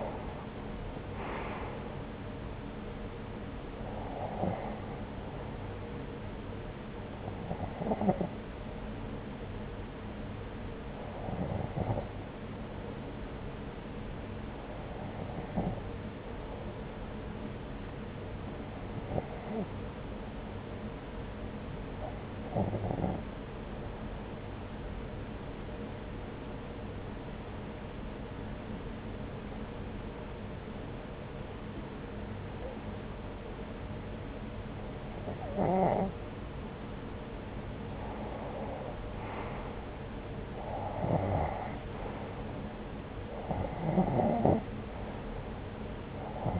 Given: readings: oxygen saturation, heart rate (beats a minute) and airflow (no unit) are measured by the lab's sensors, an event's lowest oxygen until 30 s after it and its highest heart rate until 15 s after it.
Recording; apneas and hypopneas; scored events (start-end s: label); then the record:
breathing in sleep by a voice recorder at the bedside; 1
15.00-38.80 s: hypopnea (N2, oxygen 93% highest, then 89% lowest)
29.00-46.60 s: new sleep stage, N1 (lightest sleep)
From the record:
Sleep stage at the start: N2 (light sleep); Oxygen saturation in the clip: 90 to 93%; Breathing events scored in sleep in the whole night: 303 in 8.1 hours asleep